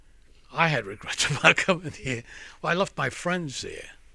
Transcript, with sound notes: I had regrets about coming here. (he laughs) Well, I left my friends there.